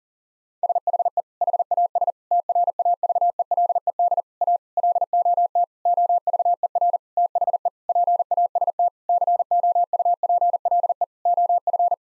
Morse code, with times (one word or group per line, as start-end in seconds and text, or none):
0.6-1.2 SHE
1.4-2.1 HAS
2.3-4.2 TRAVELED
4.4-4.6 A
4.8-5.6 LOT
5.9-7.0 OVER
7.2-7.7 THE
7.9-8.9 PAST
9.1-11.0 COUPLE
11.3-11.9 OF